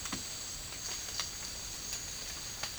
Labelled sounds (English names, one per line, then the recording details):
none
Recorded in dense forest near Puerto Asís, Putumayo, Colombia, on 21 March 2025 at 13:30
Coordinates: 0.485, -76.318
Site G056